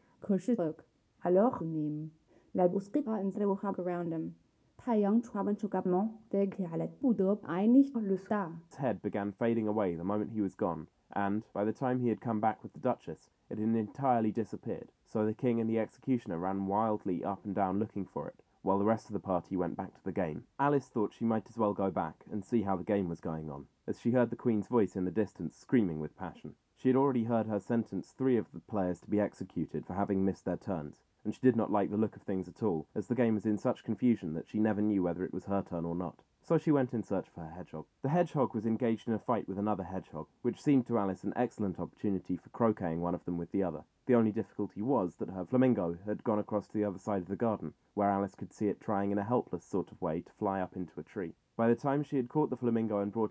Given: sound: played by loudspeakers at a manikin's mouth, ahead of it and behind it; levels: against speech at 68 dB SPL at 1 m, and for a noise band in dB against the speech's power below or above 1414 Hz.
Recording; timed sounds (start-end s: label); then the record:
test signals for a remote microphone
0.00-8.71 s: speech test signal (ISTS)
8.71-53.31 s: man speaking
From the record:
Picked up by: measurement microphone